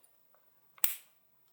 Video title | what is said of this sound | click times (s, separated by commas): DIY WATCH CLUB - Start to Finish as a first time builder! | you should hear that click. | 0.8 s